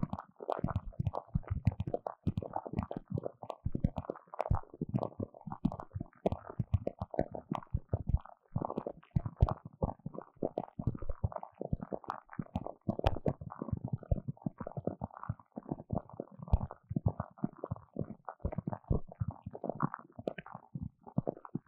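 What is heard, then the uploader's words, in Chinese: Sparkling water fizzes close to the ears in a dense, unbroken stream of tiny pops and crackles for the whole clip. The sound is muffled and low, with a wet, gurgling texture and irregular bursts of louder bubbling throughout. 氣泡水入侵耳朵!!Ears in Sparkling Water。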